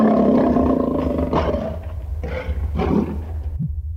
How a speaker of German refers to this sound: Das ist ein Löwe. Ein Löwe. Hier sind wir sicher. Sie wagen sich nicht an den Zaun.